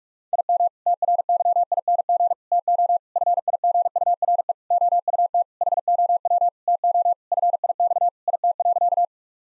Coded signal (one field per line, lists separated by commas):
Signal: Morse code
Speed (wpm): 41 wpm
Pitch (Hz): 700 Hz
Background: none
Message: IM TRYING TO FIGURE OUT HOW TO FIX IT.